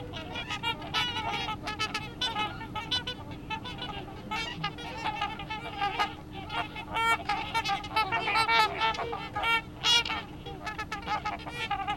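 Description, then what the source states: Swans giving a steady stream of nasal, harmonic honks from several birds at once. 30 December 2014.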